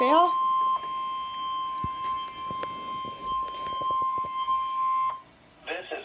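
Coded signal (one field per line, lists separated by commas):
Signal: Emergency Alert System (SAME) tones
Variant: 1050 Hz attention tone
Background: speech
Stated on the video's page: Required weekly test received on a NOAA weather radio.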